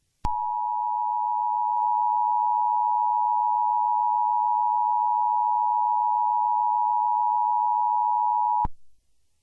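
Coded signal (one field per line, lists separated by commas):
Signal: Emergency Alert System (SAME) tones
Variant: 853 and 960 Hz attention tone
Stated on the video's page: Fictional EAS scenario made by a fan, not a real alert.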